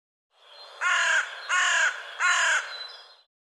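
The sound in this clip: A bird calls three hoarse, nasal caws spaced evenly, each harsh note short and buzzy, with a quiet background.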